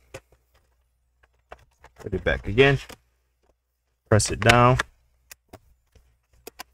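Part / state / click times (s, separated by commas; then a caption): laptop DC jack cable connector into motherboard socket / seated / 6.5 s, 6.6 s. A laptop DC jack cable connector is tucked back in and pressed down into its socket on the laptop board while someone talks, with a few faint taps along the way. Two sharp clicks at 6.5 s and 6.6 s mark the connector clipping on and seating in the socket.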